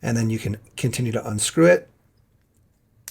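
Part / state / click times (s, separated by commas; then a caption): screw in aluminum rod-end link of a mini RC crawler / released / 3.1 s. Someone talks while unscrewing a screw from an aluminum rod-end suspension link on a mini RC crawler, pressing on the link and continuing to turn. After a quiet stretch, a sharp click at 3.1 s marks the screw clearing its thread and coming free.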